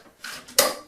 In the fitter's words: right there that's the magnet engaging the metal bar